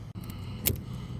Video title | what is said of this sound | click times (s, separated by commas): DRIP MOULDING/RAIL CLIP REPLACEMENT. ARE YOUR DRIP MOULDINGS LOOSE DUE TO MISSING OR BROKEN CLIPS? | These clips snap right into place. | 0.7 s